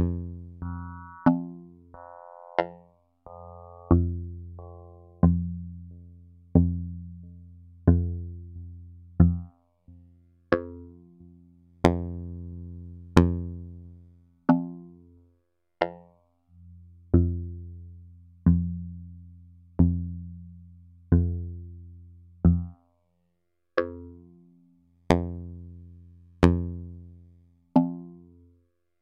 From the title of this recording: Vactrol Drone Tones